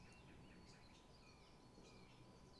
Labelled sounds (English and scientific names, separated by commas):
Song Thrush (Turdus philomelos)